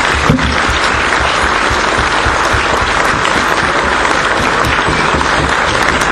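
A crowd claps steadily and loudly for about six seconds, a dense, even wash of many hands with no pauses or voices rising above it.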